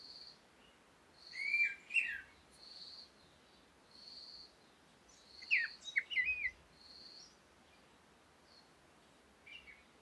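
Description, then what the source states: Birds call with clusters of sliding whistled chirps at intervals, set against repeated buzzy notes. Morning recording in Komati, Africa, calm conditions with wind.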